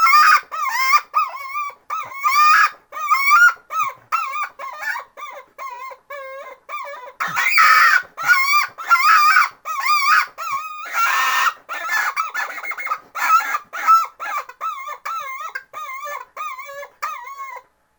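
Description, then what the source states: Chicken distress calls, loud harsh squawks repeated in rapid bursts, each wavering and bending in pitch, with a few noisier screeching stretches midway. Chicken giving distress calls.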